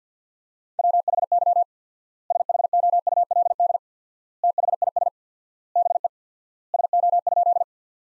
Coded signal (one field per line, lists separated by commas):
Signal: Morse code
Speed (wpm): 50 wpm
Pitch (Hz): 700 Hz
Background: none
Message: WHY SHOULD THIS BE SO?